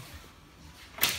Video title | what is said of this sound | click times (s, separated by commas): Radak Smashmaster Pro Assembly | pull that lever towards us you lift the table up you'll hear it lock into place | 1.0 s